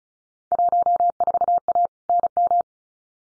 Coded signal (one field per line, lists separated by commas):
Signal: Morse code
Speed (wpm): 34 wpm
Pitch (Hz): 700 Hz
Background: none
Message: 14A NM